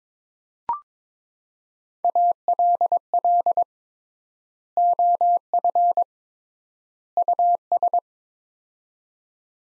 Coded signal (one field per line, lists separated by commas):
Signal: Morse code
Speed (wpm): 22 wpm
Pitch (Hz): 700 Hz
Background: none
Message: ALL OF US